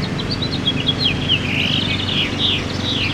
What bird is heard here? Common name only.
House Finch